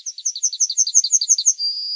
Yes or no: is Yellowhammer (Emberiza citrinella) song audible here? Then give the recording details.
yes. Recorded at under 5 m from the bird. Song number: 004